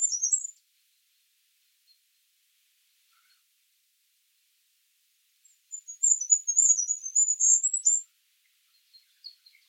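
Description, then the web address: Bird gives a brief high note, then after a long silence one thin, fast twittering phrase of about two and a half seconds. "Bird Only"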